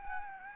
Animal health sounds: mosquito wingbeat signal from an infrared sensor; Anopheles gambiae

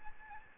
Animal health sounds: mosquito wingbeat signal from an infrared sensor; Aedes albopictus

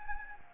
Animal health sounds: mosquito wingbeat signal from an infrared sensor; Anopheles gambiae

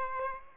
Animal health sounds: mosquito wingbeat signal from an infrared sensor; Aedes aegypti

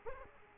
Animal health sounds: mosquito wingbeat signal from an infrared sensor; Aedes aegypti

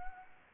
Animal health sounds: mosquito wingbeat signal from an infrared sensor; Anopheles gambiae

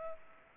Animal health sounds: mosquito wingbeat signal from an infrared sensor; Culex pipiens

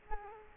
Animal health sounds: mosquito wingbeat signal from an infrared sensor; Culex quinquefasciatus

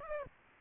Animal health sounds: mosquito wingbeat signal from an infrared sensor; Aedes aegypti

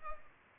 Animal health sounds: mosquito wingbeat signal from an infrared sensor; Culex pipiens

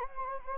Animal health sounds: mosquito wingbeat signal from an infrared sensor; Anopheles gambiae

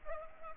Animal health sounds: mosquito wingbeat signal from an infrared sensor; Culex pipiens

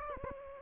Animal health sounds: mosquito wingbeat signal from an infrared sensor; Aedes aegypti

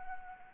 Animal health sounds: mosquito wingbeat signal from an infrared sensor; Anopheles arabiensis

